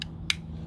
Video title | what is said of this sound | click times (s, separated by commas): Removing overspray from glass | get her locked into place | 0.3 s